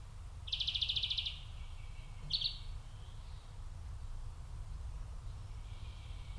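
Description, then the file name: European greenfinch trill: one short rapid twittering rattle and a brief chirp, then quiet with low background rumble. "Chloris chloris"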